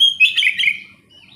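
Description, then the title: Oriental magpie-robin song: a brief burst of bright, rich whistled and chattering notes that falls quickly away, with a faint low hum underneath. "kacer"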